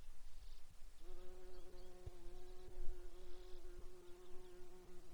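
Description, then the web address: Insect buzzing, a steady droning hum with layered harmonics that starts about a second in and holds to the end, over low rumbling background noise and faint clicks. Alaska, site GAARPALA, 15 June 2019, 07:57:33. "alaska acoustic highlights highlights audio INSECTS GAARPALA 20190615 075733"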